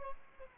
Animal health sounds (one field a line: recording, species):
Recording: mosquito wingbeat signal from an infrared sensor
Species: Aedes albopictus